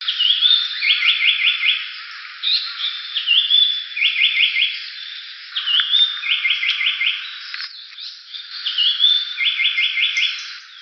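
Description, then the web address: Japanese paradise flycatcher song: a thin whistled opening followed by five quick rising notes, the whole phrase repeated about every three seconds. Recorded 30 May 2014. "birdenaga sankoutyou S 140530"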